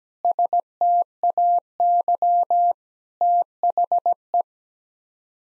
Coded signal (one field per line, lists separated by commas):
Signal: Morse code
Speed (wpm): 17 wpm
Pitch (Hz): 700 Hz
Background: none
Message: STAY THE